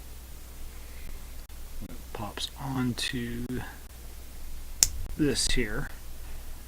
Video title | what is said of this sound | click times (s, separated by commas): Sinanju Episode 2 | this also has an additional piece pops onto this tier and locks into place | 4.8 s